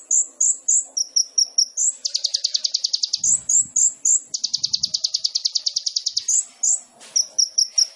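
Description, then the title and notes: Sunbird song: clusters of very high sharp chips broken by long fast buzzy trills of one to two seconds, the pattern repeating. Indonesian masteran training recording for songbirds; song with fills (isian) and shots (tembakan), described as gacor and suited as a lure (pancingan). "MASTERAN KOLIBRI NINJA FULL ISIAN DAN TEMBAKAN COCOK BUAT PANCINGAN. Suara Burung Kolibri Ninja Gacor"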